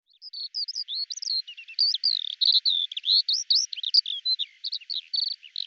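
Eurasian skylark song, a hurried stream of varied whistled notes, short buzzy trills and quick chirps running on without a break.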